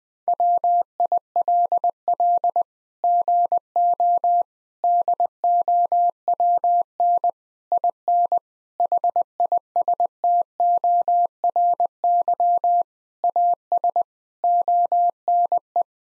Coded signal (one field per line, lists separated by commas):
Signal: Morse code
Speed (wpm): 20 wpm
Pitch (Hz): 700 Hz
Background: none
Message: WILL GO DOWN IN HISTORY AS ONE